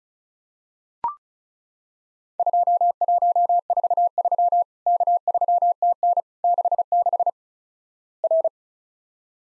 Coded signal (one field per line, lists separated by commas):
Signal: Morse code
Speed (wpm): 34 wpm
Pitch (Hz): 700 Hz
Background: none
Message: 2143 K3TN 66 R